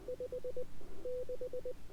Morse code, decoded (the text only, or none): 56